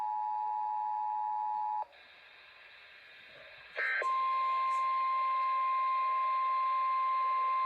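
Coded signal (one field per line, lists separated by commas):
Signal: Emergency Alert System (SAME) tones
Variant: 853 and 960 Hz attention tone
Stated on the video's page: Compilation of real EAS alerts for rain storms in California.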